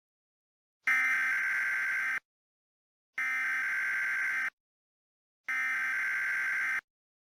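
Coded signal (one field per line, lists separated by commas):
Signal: Emergency Alert System (SAME) tones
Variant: header bursts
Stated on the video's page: Fictional EAS scenario story, not a real alert.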